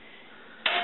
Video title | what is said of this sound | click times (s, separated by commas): BUSA-1001 (54770) Assignment 4 16mm Film Projector | and they'll walk into place you'll hear a click sound and the second arm like that | 0.7 s